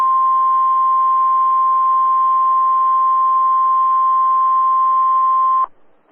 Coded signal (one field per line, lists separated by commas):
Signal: Emergency Alert System (SAME) tones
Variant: 1050 Hz attention tone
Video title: 6-14-22 SVR (EAS #47)